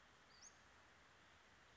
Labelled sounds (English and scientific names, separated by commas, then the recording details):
Western Flycatcher (Empidonax difficilis)
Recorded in Sonoma County, California